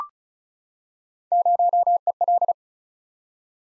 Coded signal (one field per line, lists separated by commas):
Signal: Morse code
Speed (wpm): 36 wpm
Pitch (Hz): 700 Hz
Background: none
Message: 0EL